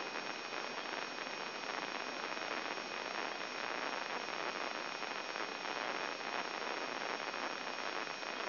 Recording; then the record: brain microelectrode recording played as sound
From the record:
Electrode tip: outside the subthalamic nucleus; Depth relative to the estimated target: -3.5 mm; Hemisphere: left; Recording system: AlphaMap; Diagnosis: Parkinson's disease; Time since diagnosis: 7 years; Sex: male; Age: 59 years